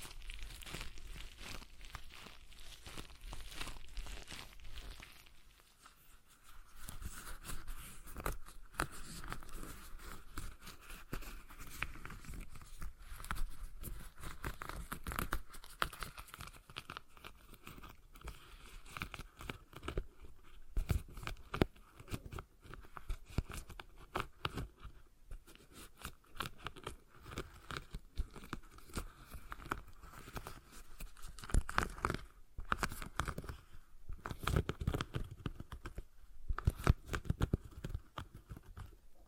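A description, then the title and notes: A stress ball is squeezed and worked, giving dense crinkly, crackling rustles that carry on through the whole clip. The texture is busy and irregular, with sharper snaps clustering toward the end, around 32 to 37 seconds, and a brief lull near 6 seconds. ASMR Relaxing Stress Ball Sounds (No Talking).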